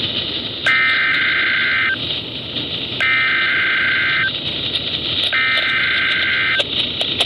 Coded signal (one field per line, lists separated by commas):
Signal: Emergency Alert System (SAME) tones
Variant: header bursts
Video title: EAS #43-44 - Tropical Storm Warnings